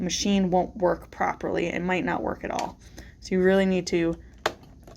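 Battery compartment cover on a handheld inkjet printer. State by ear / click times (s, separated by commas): seated / 4.5 s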